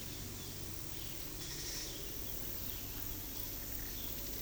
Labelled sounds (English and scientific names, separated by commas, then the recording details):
none
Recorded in pastures near Puerto Asís, Putumayo, Colombia, on 19 February 2024 at 10:30
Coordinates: 0.468, -76.328
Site G6414